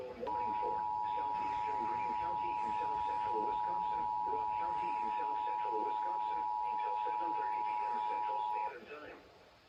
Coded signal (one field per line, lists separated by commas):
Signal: Emergency Alert System (SAME) tones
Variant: 853 and 960 Hz attention tone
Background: speech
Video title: (EAS #227) Severe Thunderstorm Warning for Green and MY COUNTY! (Rock), Wisconsin